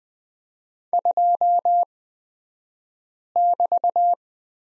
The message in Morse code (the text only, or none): 2<BT>